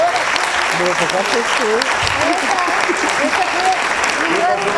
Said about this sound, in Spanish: Yo pido un aplauso para los panelistas.